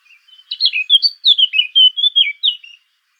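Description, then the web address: Eurasian blackcap producing a lively, chattering warble of quick high notes, about two and a half seconds long, with a few soft notes before it and stopping cleanly. "sylvia atricapilla call"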